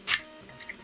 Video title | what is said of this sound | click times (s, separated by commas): A Menacing (And Charming) Brick - Brave Exkaiser DX Dino Geist | maybe three clicks we'll do three clicks why not | 0.1 s, 0.7 s